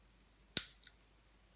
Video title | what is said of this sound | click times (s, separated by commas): Baikal Makarov MP-658K Blowback air pistol with stuck hammer fix | push hard the hammer starts to move back until you hear a click there | 0.6 s